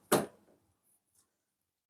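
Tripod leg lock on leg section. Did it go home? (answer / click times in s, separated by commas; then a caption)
no / none. A leg lock on a leg section of an aluminium Digitek DPTR-895 VD tripod is being closed, making one sharp, bright knock near 0.1 s that fades within about half a second, followed by two faint light ticks around 0.9 s and 1.2 s. The leg lock has not locked; it fails to lock.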